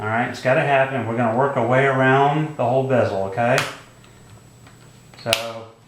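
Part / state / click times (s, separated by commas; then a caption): plastic screen bezel snaps unclipping from a laptop display lid / released / 5.3 s. Someone talks while prying the plastic screen bezel of an Acer Aspire 5251-1245 laptop away from the display lid with the fingers, gently but firmly. After a quiet pause, a sharp snap is heard at 5.3 seconds as the bezel snaps unclip and pop free, releasing the bezel.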